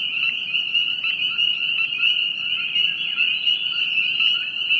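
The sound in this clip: Frogs trilling in chorus, a continuous piercing buzz that barely changes across these few seconds.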